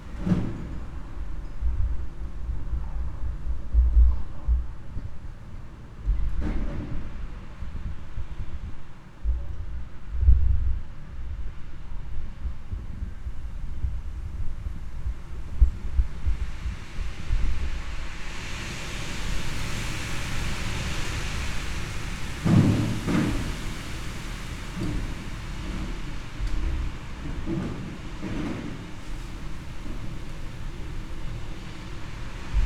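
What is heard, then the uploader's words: Summer outdoor ambience in the Italian countryside, with a steady low rumble, faint traffic, and a soft airy hiss swelling mid-clip with occasional knocks. Summer stellar (unprocessed stereo field recording) Asti/Villa Deati, Montferrat, Italy.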